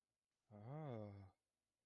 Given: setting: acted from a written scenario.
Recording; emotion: vocal sound without words; romantic love